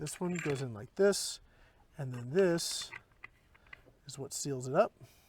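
A CO2 cartridge is handled into an airgun magazine or housing, alongside a second cartridge that faces the opposite way, before a sealing cap or screw closes them and pierces the cartridge. Someone talks throughout, with a few small handling clicks and taps in the pauses between speech. Nothing has seated or clicked home yet.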